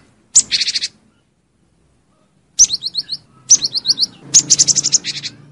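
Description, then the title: Lovebird shrill chirping calls, four quick bursts of rapid high staccato notes with a long gap after the first, ending in a longer buzzy rattle. Lure call used for trapping birds. "PIKAT BURUNG LOVEBIRD"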